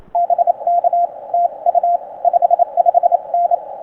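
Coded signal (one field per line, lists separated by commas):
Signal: Morse code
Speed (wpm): 27 wpm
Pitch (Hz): 690 Hz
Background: none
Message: BK TU 55N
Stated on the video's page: CW Parks on the Air activation on 20m using a Xiegu G90, a 17-foot vertical whip, a solid state dual paddle and a memory keyer, with hunters calling.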